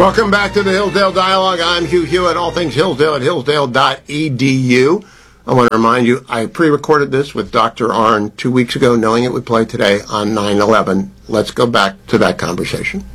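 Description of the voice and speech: Fluent, clearly articulated adult male speech at a steady broadcast pace with typical voice quality, a radio host introducing a program.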